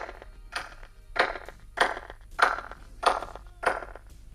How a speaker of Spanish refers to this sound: si viéramos esas mismas palmas en el lado derecho del anillo de piedras exterior de Stonehenge, escucharíamos esto que el Dr. Till ha grabado.